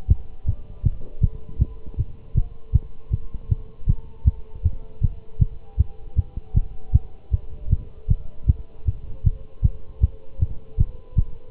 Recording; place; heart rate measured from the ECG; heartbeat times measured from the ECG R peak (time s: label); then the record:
heart sounds by stethoscope; between the tricuspid and mitral areas; 157 bpm
0.10 s: heartbeat
0.47 s: heartbeat
0.85 s: heartbeat
1.22 s: heartbeat
1.60 s: heartbeat
1.99 s: heartbeat
2.36 s: heartbeat
2.74 s: heartbeat
3.12 s: heartbeat
3.51 s: heartbeat
3.88 s: heartbeat
4.27 s: heartbeat
4.65 s: heartbeat
5.03 s: heartbeat
5.41 s: heartbeat
5.79 s: heartbeat
6.18 s: heartbeat
6.56 s: heartbeat
6.94 s: heartbeat
7.33 s: heartbeat
7.71 s: heartbeat
8.10 s: heartbeat
8.48 s: heartbeat
8.87 s: heartbeat
9.25 s: heartbeat
9.64 s: heartbeat
10.02 s: heartbeat
10.41 s: heartbeat
10.79 s: heartbeat
11.17 s: heartbeat
From the record:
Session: Bruce protocol treadmill stress test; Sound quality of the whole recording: good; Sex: male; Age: 25 years